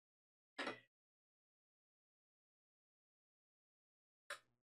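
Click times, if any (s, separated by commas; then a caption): 4.3 s. A homemade handheld game cartridge part is pressed into its housing or slot while the cartridge is being reassembled after pin repairs. A short broadband rustle comes near 0.6 s, then a faint hit at 4.3 s. The part clicks only partly and is not fully seated, since it should go in further.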